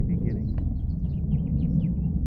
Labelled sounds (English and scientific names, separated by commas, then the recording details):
House Finch (Haemorhous mexicanus) song
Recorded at Hewlett Neck on Long Island, New York, on 10 June 1975
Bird A